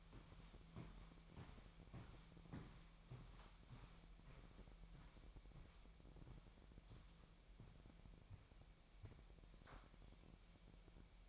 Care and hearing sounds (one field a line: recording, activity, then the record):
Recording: daily activity, microphone in the room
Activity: walk to room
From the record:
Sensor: 1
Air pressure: 1012.3 hPa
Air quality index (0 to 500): 197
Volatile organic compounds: 4 ppm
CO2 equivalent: 1584 ppm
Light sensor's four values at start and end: 75/178/75/79 and 76/183/77/81